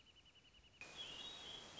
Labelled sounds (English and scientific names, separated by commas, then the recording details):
Wrentit (Chamaea fasciata)
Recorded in Sonoma County, California